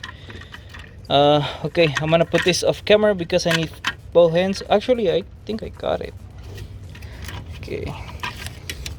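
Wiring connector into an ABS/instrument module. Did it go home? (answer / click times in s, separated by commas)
yes / 8.7 s, 8.9 s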